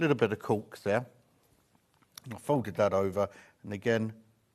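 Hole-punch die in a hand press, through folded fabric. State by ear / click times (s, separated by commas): not seated / none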